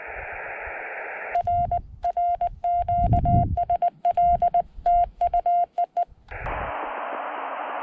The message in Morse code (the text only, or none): R R QSL TU EE